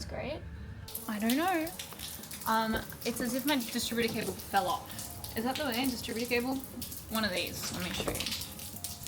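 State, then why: Not seated. Someone talks while reaching for the ignition cable ends on an MR2 with an idling problem and pressing a distributor cable boot back onto the distributor cap. A few small knocks sound near the end, around 8.8 to 9.1 seconds. The boot has not clicked or seated into place yet.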